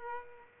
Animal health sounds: mosquito wingbeat signal from an infrared sensor; Aedes aegypti

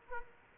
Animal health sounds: mosquito wingbeat signal from an infrared sensor; Aedes aegypti

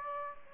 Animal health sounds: mosquito wingbeat signal from an infrared sensor; Aedes aegypti

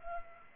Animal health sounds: mosquito wingbeat signal from an infrared sensor; Culex pipiens

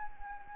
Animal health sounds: mosquito wingbeat signal from an infrared sensor; Anopheles arabiensis

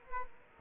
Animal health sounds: mosquito wingbeat signal from an infrared sensor; Aedes aegypti

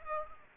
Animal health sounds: mosquito wingbeat signal from an infrared sensor; Culex pipiens

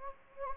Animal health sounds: mosquito wingbeat signal from an infrared sensor; Anopheles gambiae

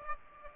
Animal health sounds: mosquito wingbeat signal from an infrared sensor; Aedes aegypti

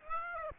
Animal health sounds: mosquito wingbeat signal from an infrared sensor; Aedes aegypti

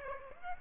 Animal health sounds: mosquito wingbeat signal from an infrared sensor; Aedes aegypti

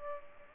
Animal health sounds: mosquito wingbeat signal from an infrared sensor; Culex pipiens

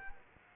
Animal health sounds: mosquito wingbeat signal from an infrared sensor; Culex quinquefasciatus

